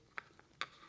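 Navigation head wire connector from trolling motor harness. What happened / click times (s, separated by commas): The connector latch released / 0.2 s, 0.6 s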